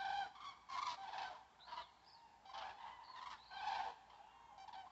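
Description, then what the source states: Common crane flock giving bursts of trumpeting calls separated by short quieter gaps, several birds overlapping. A flock of common cranes flying over a forest road.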